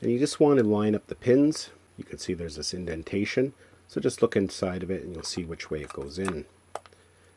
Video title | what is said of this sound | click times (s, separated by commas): DJI Osmo Action 4 Beginners Guide & Tutorial | and just press it in until you kind of hear it lock in then we can shut that door | 6.8 s